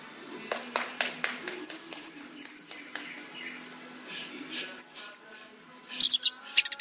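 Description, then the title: Orange-headed thrush song made of very high, thin chipping notes given in quick bursts, after some soft clicks. "Anis Merah"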